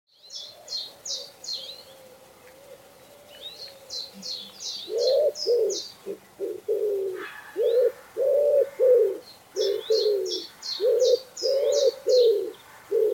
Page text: Common Wood Pigeon Call #cooing. knut the bird nerd